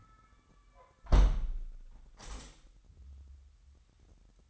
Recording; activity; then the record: daily activity, microphone in the room; close window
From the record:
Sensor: 3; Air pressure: 998.0 hPa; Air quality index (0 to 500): 145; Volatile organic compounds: 5 ppm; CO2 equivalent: 1733 ppm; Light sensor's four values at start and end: 14/40/16/15 and 14/40/16/15